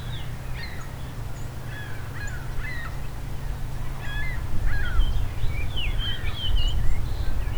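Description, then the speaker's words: Fox Sparrow song: several whistled, slurred phrases over a steady low rumble. Flock of at least seven, likely more, in an urban woodlot during spring migration, southern Ontario; sun coming out triggers singing. "This is the song of the fox sparrow."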